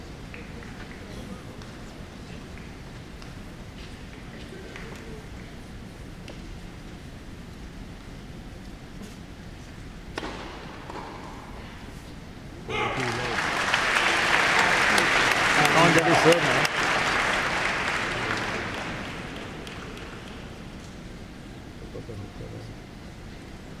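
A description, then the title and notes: A match on Centre Court at Wimbledon: for the first half, a low crowd murmur with scattered voices and small knocks. Just before the midpoint, applause bursts out, swells into a dense roar of clapping and cheers, then slowly dies away toward the end. Djokovic vs. Hurkacz on Centre Court. A match on Centre Court at Wimbledon. Defending champion Novak Djokovic plays Hurkacz, and it's 5-5 in the second set.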